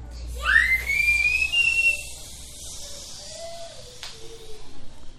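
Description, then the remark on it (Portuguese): A voice imitates water slowly trickling down a mountain: a soft, rising whistled tone with breathy hiss, followed by a few fainter, lower gurgling tones that trail off. “Como que a água desce devagarzinho? Barulhinho.”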